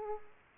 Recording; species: mosquito wingbeat signal from an infrared sensor; Aedes aegypti